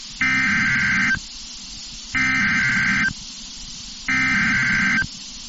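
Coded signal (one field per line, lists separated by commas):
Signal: Emergency Alert System (SAME) tones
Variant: header bursts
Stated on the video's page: Fire Warning for Hutchinson County TX on NOAA Weather Radio WXK38, relayed by NWS Amarillo for county emergency management.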